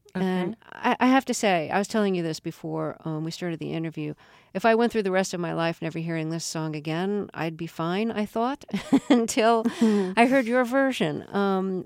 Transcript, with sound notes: And I have to say, I was telling you this before we started the interview, if I went through the rest of my life never hearing this song again, I'd be fine I thought...
(Soundbite of laughter)
...until I heard your version.